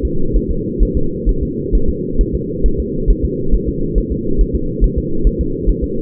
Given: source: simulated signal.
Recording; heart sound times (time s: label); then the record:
fetal heart sounds
0.05 s: S2
0.37 s: S1
0.51 s: S2
0.83 s: S1
0.97 s: S2
1.29 s: S1
1.43 s: S2
1.75 s: S1
1.89 s: S2
2.21 s: S1
2.35 s: S2
2.66 s: S1
2.80 s: S2
3.11 s: S1
3.25 s: S2
3.55 s: S1
3.69 s: S2
3.98 s: S1
4.12 s: S2
4.41 s: S1
4.56 s: S2
4.84 s: S1
4.98 s: S2
5.27 s: S1
5.41 s: S2
5.69 s: S1
5.84 s: S2
From the record:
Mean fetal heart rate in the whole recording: 135 bpm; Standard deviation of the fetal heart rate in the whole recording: 3 bpm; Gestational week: 36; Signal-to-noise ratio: -8.1 dB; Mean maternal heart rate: 72 bpm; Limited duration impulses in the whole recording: absent